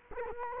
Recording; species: mosquito wingbeat signal from an infrared sensor; Culex quinquefasciatus